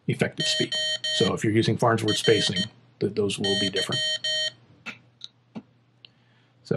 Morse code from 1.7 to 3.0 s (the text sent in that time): R